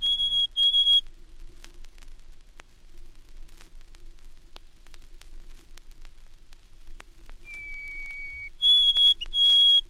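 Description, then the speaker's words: White-throated Sparrow singing clear, pure whistles: two high steady notes, a pause, then a lower drawn-out whistle followed by a run of repeated higher notes. Summer neighbor of hermit and olive-backed thrushes; also heard on migration in the south. "A summer neighbor of the hermit and olive-backed thrushes is the white-throated sparrow. It can be heard also on migration in the south."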